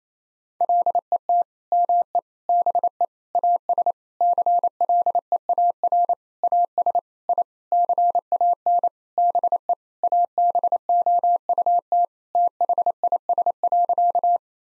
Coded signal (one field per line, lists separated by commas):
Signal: Morse code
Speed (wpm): 27 wpm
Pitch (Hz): 700 Hz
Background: none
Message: LET ME BE AS CLEAR AS I CAN BE ABOUT THIS.